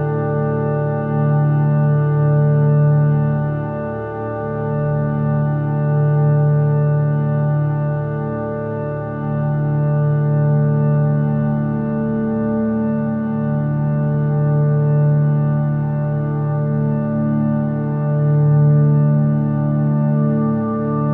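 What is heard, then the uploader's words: Steady layered tones hum on with no breaks, a strong low drone pulsing gently in slow waves beneath fainter, higher sustained overtones. Chakra friendly tones and vibrations.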